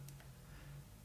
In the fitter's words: once I get it rotated boom there she is now that the whole assembly is locked in